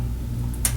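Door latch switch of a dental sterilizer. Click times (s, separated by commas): 0.6 s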